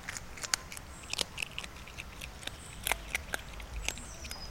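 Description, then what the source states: Eurasian otter eating: scattered sharp clicks and crunches, as of chewing a snack. Tim, a hand-reared male otter from a Czech wildlife rescue station, at Nuremberg Zoo (Tiergarten Nürnberg), swims a lap and has a snack.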